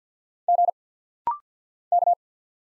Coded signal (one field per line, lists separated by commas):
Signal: Morse code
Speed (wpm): 50 wpm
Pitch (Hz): 700 Hz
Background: none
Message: G K